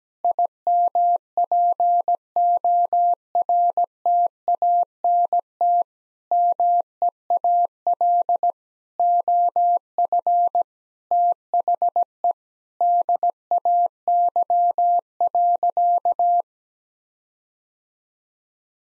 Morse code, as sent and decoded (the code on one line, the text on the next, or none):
.. -- .--. --- .-. - .- -. - / -- . .- .-.. / --- ..-. / - .... . / -.. .- -.-- .-.-.-
IMPORTANT MEAL OF THE DAY.